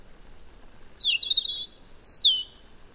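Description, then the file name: European robin song: a faint thin whistle, then loud, varied high notes, tumbling and squeaky, with a few piercing whistled notes near the end. "Erithacus rubecula"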